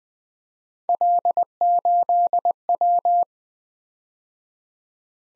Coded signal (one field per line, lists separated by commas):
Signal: Morse code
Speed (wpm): 20 wpm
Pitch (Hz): 700 Hz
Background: none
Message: L8W